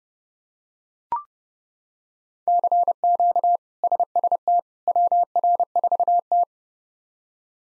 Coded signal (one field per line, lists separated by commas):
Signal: Morse code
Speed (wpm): 30 wpm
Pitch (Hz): 700 Hz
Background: none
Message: CQ SST WR4T